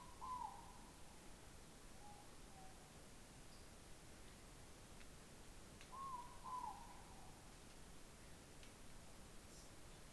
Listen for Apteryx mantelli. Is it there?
no